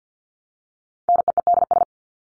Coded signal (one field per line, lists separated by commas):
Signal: Morse code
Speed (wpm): 50 wpm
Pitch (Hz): 700 Hz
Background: none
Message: NEEDS